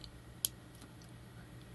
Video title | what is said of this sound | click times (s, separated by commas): SQuape X [dripper] by StattQualm | that's it. It clicks into place and you're good to go. | 0.4 s